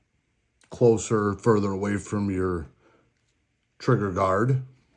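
A tactical light's rail mount is loosened and slid forward or back on the accessory rail to set the button distance from the trigger guard. Someone talks throughout, with a pause around 2.7–3.8 s. Nothing has seated or clicked yet, and the light has not been locked down on the rail.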